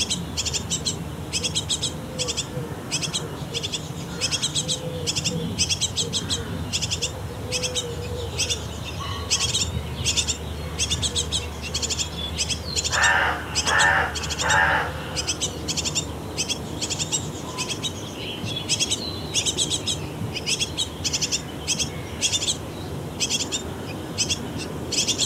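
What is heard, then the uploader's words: Busy morning birdsong around a nest box, with dense, rapid chirping and tweeting running steadily through the whole stretch. Around the middle, a few louder calls ring out in a quick burst. A low hum and faint murmur sit underneath throughout. Busy morning birds around a bird nest box at a Danish summer cottage. Just before sunrise, parent birds start looking for food to their hungry chicks in the bird nest box at the cottage wall. While the bird chicks are crying for food, their parents fly back and forth to the bird nest box with something to eat.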